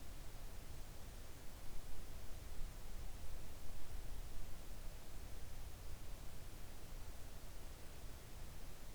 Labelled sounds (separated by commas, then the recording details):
near silence
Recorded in the Arctic National Wildlife Refuge, Alaska, on 3 August 2019 at 06:06
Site 41